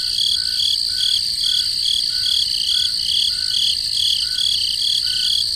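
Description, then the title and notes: Crickets chirping in a dense chorus, steady high trills layered with rhythmic pulses about twice a second, plus a lower repeated chirp underneath. Crickets in the forest at night. "Peaceful Cricket Sounds at Night - Calming Sounds of Nature. relaxing crickets in the forest at night. Sleep and Relaxation Podcast"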